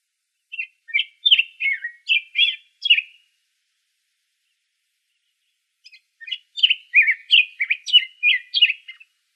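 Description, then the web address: Black-headed grosbeak singing two rich, warbled phrases of quick sweet notes, one near the start and another after a pause of about three seconds. Arizona, 3 May 2005. "Grosbeaks Buntings BHGR"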